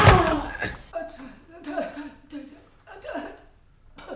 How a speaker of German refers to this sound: Die Rückwand ist nach hinten umgefallen. Das dachte ich mir doch.